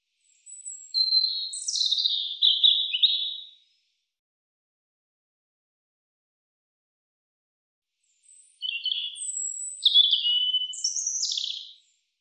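European robin song: two separate bursts of high, scratchy, warbling twitters with rapid slurred notes, divided by a silent pause of about five seconds.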